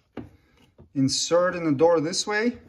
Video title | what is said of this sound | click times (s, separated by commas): 2021-2024 Toyota Sienna Hybrid Front Door Courtesy Light Bulb Replacement Instructions | to reinstall reconnect the connector until it clicks | 0.2 s